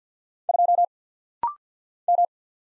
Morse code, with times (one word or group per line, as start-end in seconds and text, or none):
0.5-0.8 2
2.1-2.2 M